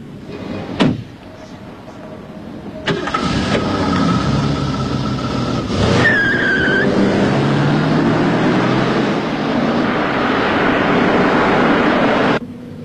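A sharp thump like a car door shutting, then a Jaguar car's engine starts and drives off in a loud, steady roar for nearly ten seconds, with a brief high squeal partway through.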